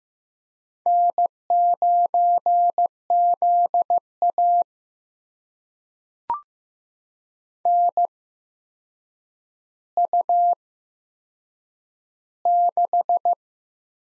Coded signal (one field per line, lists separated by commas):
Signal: Morse code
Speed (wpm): 15 wpm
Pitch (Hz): 700 Hz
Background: none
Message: N9ZA NU6